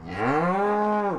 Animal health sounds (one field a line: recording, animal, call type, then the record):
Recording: contact call of a hoofed animal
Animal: cattle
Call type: low-frequency (closed-mouth) or high-frequency (open-mouth) call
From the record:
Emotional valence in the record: negative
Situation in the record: full separation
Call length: 1.19 s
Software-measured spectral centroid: 1140 Hz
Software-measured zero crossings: 1540 a second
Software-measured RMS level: -24 dBFS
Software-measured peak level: -12 dBFS